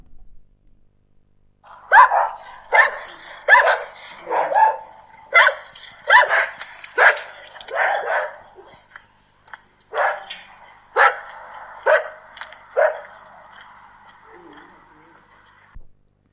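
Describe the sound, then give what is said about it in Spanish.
Dogs bark in a steady series of sharp, loud bursts, one after another, then the barking grows more continuous and overlapping before fading to a few quieter yips at the end. “Los timbres de las casas, no había timbre, entonces cuando alguien llegaba, pues ladraban los perros, ¿no?”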